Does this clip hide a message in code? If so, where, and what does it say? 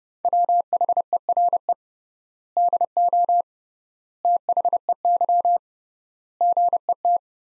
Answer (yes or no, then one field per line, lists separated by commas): yes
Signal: Morse code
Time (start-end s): 0.2-7.2 s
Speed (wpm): 31 wpm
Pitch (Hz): 700 Hz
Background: none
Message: WHERE DO THEY GET